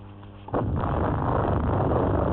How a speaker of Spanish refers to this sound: ¿Eso qué fue? ¡Guau! ¡Eso fue una explosión! ¡O dos!